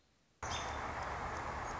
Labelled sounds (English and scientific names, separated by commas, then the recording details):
American Robin (Turdus migratorius)
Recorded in Sonoma County, California